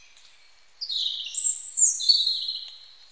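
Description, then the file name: European robin song phrase of high, sliding whistles merging into a fast, liquid warble. "Erithacus rubecula"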